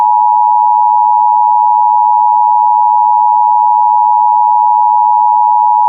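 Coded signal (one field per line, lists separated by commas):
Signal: Emergency Alert System (SAME) tones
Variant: 853 and 960 Hz attention tone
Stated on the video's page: Required Monthly Test in Maryland aired on MeTV.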